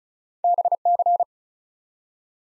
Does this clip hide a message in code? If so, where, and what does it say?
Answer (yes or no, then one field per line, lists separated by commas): yes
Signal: Morse code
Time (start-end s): 0.4-1.2 s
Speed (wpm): 36 wpm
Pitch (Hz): 700 Hz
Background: none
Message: BC